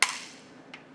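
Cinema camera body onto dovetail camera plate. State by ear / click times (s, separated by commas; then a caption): seated / 0.0 s. A cinema camera body is slid back on its dovetail camera plate until the second latch clicks, giving a sharp metal click at 0.03 s that rings out and fades. A much softer tick follows at 0.7 s, and the camera is seated on the second lock.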